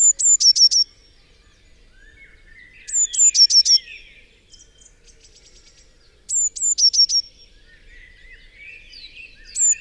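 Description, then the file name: Eurasian blue tit singing a high, thin phrase of two or three drawn notes and a fast trill, given four times at intervals of about three seconds, with faint chirps between. "Cyanistes caeruleus"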